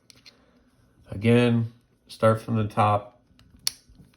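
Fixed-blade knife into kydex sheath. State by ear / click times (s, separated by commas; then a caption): seated / 3.7 s. A fixed-blade knife is pushed into a kydex sheath while someone talks. A sharp click at 3.7 s marks the knife seating in place.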